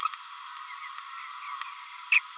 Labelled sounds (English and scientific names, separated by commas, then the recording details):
Green-rumped Parrotlet (Forpus passerinus) babbling
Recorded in a nest box in Venezuela
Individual 18B25A5